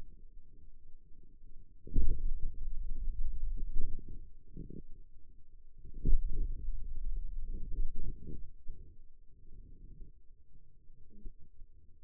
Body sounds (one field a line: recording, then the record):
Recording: forearm muscle sounds (acoustic myography)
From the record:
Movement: finger pinch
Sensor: system 2, bracelet of six BSWA MPA416 microphones around the upper forearm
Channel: 2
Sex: male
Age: 22 years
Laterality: right